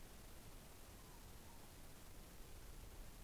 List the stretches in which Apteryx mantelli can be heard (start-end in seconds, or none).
none